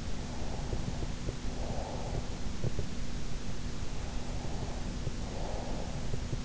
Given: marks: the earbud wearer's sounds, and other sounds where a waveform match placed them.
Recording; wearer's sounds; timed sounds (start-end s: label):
sounds in sleep by an in-ear microphone; breath
0.34-2.35 s: breath
4.13-6.09 s: breath